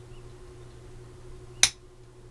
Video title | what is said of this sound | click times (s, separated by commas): LaFerrari Build Pack 4 Stages 25 to 32 from Agora Models | Perfect. Snapped right in. | 1.6 s